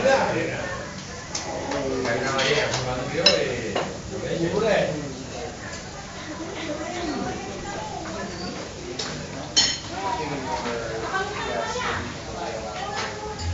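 Dense chatter in a Barcelona bar, many overlapping voices steady throughout, with frequent clinks of dishes and cutlery, sharper near nine seconds.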